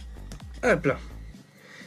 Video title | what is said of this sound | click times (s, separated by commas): Construire Le Bismarck /Hachette /Ep 4: Les catapultes | On a entendu le petit clac. | 0.3 s, 0.4 s